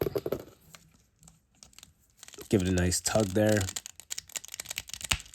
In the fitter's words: hear that snap that's when you know it's in there when you hear that snap that pop